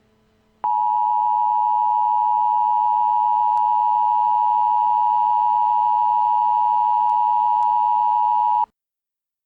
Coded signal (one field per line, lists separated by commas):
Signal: Emergency Alert System (SAME) tones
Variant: 853 and 960 Hz attention tone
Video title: EAS Scenario #14 A Bloody Christmas AN EAS CHRISTMAS SPECIAL